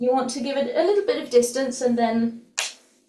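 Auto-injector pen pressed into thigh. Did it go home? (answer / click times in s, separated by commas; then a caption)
yes / 2.6 s. An adrenaline auto-injector pen is swung against the outer thigh through clothing and pushed until its mechanism fires. Someone talks, and then a single sharp click is heard at 2.6 seconds as the injector fires. The pen is then held in place against the thigh.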